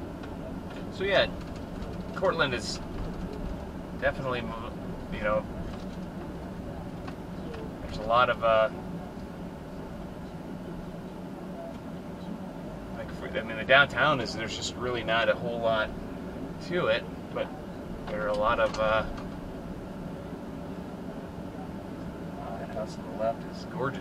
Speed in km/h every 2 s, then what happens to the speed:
24, 26, 24, 24, 19, 10, 6, 13, 16, 19, 19, 21.
0-7 steady at about 24. 7-11 brakes to 6. 11-18 speeds up to 19. 18-24 steady at about 19.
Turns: none.